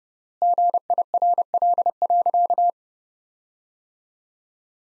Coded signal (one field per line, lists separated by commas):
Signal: Morse code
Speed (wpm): 31 wpm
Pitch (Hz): 700 Hz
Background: none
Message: GIRL.